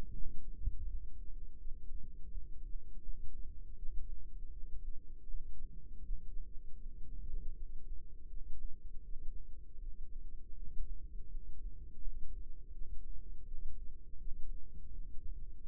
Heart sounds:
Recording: heart sounds by microphone in the left ear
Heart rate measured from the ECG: 81 bpm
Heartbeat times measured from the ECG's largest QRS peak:
0.10 s: heartbeat
0.83 s: heartbeat
1.56 s: heartbeat
2.28 s: heartbeat
3.00 s: heartbeat
3.73 s: heartbeat
4.49 s: heartbeat
5.25 s: heartbeat
6.02 s: heartbeat
6.77 s: heartbeat
7.52 s: heartbeat
8.26 s: heartbeat
9.01 s: heartbeat
9.77 s: heartbeat
10.53 s: heartbeat
11.26 s: heartbeat
11.98 s: heartbeat
12.70 s: heartbeat
13.43 s: heartbeat
14.16 s: heartbeat
14.90 s: heartbeat
15.63 s: heartbeat
From the record:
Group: healthy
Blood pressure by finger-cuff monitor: 112/81 mmHg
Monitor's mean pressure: 93 mmHg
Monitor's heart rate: 81 bpm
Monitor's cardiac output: 4.6 L/min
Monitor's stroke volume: 57 mL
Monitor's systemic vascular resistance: 1460 dyn s/cm5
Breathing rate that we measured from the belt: 14 breaths a minute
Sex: female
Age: 51 years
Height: 162 cm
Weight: 70.04 kg

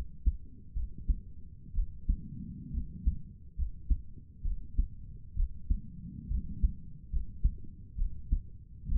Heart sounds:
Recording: heart sounds by stethoscope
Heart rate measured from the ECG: 66 bpm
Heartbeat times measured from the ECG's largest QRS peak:
0.75 s: heartbeat
1.74 s: heartbeat
2.73 s: heartbeat
3.57 s: heartbeat
4.44 s: heartbeat
5.36 s: heartbeat
6.29 s: heartbeat
7.11 s: heartbeat
7.97 s: heartbeat
8.88 s: heartbeat
From the record:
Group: healthy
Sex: female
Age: 22 years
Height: 163 cm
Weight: 67.1 kg

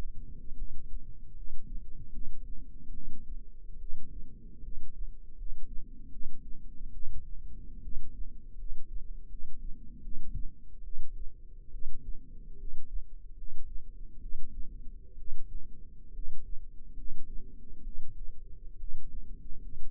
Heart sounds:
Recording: heart sounds by microphone in the left ear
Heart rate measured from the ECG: 72 bpm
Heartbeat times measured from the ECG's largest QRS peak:
0.54 s: heartbeat
1.33 s: heartbeat
2.09 s: heartbeat
2.90 s: heartbeat
3.76 s: heartbeat
4.60 s: heartbeat
5.34 s: heartbeat
6.08 s: heartbeat
6.90 s: heartbeat
7.79 s: heartbeat
8.54 s: heartbeat
9.26 s: heartbeat
9.99 s: heartbeat
10.80 s: heartbeat
11.69 s: heartbeat
12.55 s: heartbeat
13.33 s: heartbeat
14.18 s: heartbeat
15.15 s: heartbeat
16.10 s: heartbeat
16.93 s: heartbeat
17.81 s: heartbeat
18.76 s: heartbeat
19.58 s: heartbeat
From the record:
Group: healthy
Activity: rest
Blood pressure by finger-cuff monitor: 115/64 mmHg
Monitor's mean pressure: 77 mmHg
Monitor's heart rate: 70 bpm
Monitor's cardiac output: 8.1 L/min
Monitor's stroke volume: 112 mL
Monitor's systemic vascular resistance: 690 dyn s/cm5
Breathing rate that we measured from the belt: 16 breaths a minute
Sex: male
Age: 22 years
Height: 185 cm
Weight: 112.4 kg

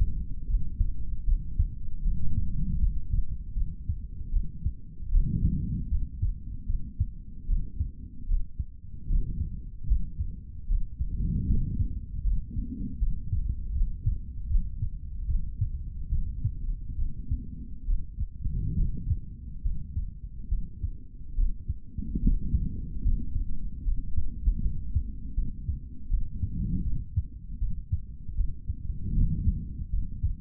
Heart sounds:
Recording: heart sounds by stethoscope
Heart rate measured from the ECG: 75 bpm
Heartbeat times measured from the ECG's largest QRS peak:
0.47 s: heartbeat
1.24 s: heartbeat
2.02 s: heartbeat
2.79 s: heartbeat
3.54 s: heartbeat
4.31 s: heartbeat
5.09 s: heartbeat
5.89 s: heartbeat
6.66 s: heartbeat
7.46 s: heartbeat
8.26 s: heartbeat
9.07 s: heartbeat
9.88 s: heartbeat
10.67 s: heartbeat
11.46 s: heartbeat
12.23 s: heartbeat
12.99 s: heartbeat
13.72 s: heartbeat
14.47 s: heartbeat
15.26 s: heartbeat
16.09 s: heartbeat
16.96 s: heartbeat
17.85 s: heartbeat
18.75 s: heartbeat
19.62 s: heartbeat
20.49 s: heartbeat
21.35 s: heartbeat
22.20 s: heartbeat
23.03 s: heartbeat
23.84 s: heartbeat
24.62 s: heartbeat
25.35 s: heartbeat
26.08 s: heartbeat
26.83 s: heartbeat
27.59 s: heartbeat
28.35 s: heartbeat
29.13 s: heartbeat
29.90 s: heartbeat
From the record:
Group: healthy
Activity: rest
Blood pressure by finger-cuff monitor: 111/86 mmHg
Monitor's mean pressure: 95 mmHg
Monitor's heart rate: 76 bpm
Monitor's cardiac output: 3.3 L/min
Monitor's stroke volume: 44 mL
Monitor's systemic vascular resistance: 2060 dyn s/cm5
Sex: male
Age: 55 years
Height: 167 cm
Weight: 57.2 kg

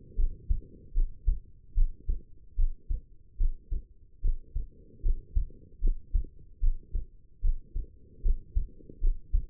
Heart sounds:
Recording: heart sounds by stethoscope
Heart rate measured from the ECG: 75 bpm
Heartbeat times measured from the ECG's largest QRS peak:
0.16 s: heartbeat
0.94 s: heartbeat
1.74 s: heartbeat
2.56 s: heartbeat
3.37 s: heartbeat
4.21 s: heartbeat
5.02 s: heartbeat
5.81 s: heartbeat
6.60 s: heartbeat
7.41 s: heartbeat
8.22 s: heartbeat
9.00 s: heartbeat
From the record:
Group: healthy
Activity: rest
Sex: female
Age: 22 years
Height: 160 cm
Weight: 45 kg

